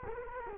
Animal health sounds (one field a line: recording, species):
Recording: mosquito wingbeat signal from an infrared sensor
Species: Culex quinquefasciatus